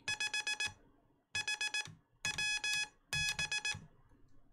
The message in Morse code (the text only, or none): 5HWB